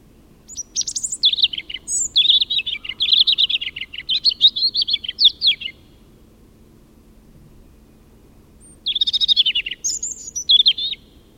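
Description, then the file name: European robin singing a long, sweet, warbling phrase of high trills and whistles. After a pause of about three seconds, a shorter phrase follows. "Erithacus rubecula"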